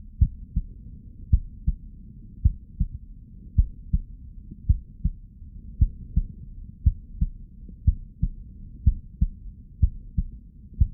Stethoscope Chest Heart Heartbeat Blood Flow.